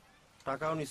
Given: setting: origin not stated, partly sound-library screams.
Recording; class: one-second piece from a danger detection set; normal situation